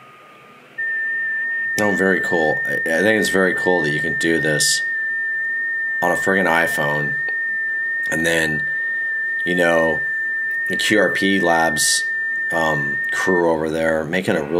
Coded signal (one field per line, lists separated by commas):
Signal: FT8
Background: speech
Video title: iFTX FT8 Setup and Operations on the QMX Transceiver